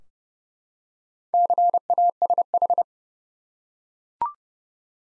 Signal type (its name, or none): Morse code